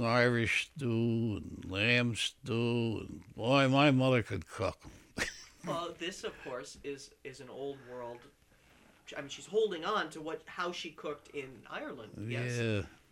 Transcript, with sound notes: Irish stew and lamb stew and, boy, my mother could cook. (he laughs)
Well, this, of course, is, is an old world, I mean, she's holding on to what, how she cooked in Ireland, yes?